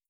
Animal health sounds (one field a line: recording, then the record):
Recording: hydrophone in a shrimp aquaculture tank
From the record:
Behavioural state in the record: starved